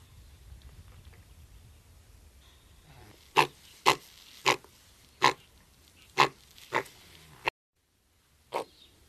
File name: túzok